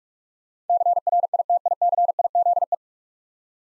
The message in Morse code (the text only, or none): CRITICIZE